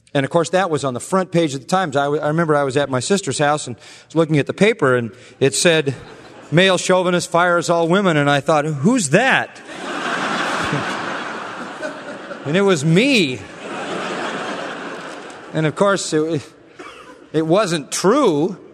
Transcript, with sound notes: Of course, that was on the front page of theTimes.I remember I was at my sister's house and was looking at the paper, and it said, "Male Chauvinist Fires All Women." I thought,Who's that? (Laughter) It was me. Of course, it wasn't true,